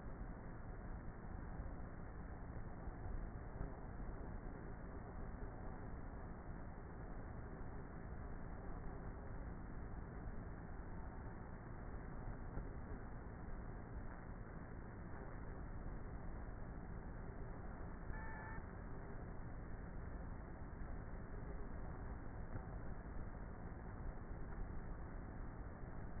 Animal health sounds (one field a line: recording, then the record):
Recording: honeybee colony, microphone inside the hive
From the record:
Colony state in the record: queenless with a low population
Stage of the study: before two queens were removed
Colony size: about 30,000 bees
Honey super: no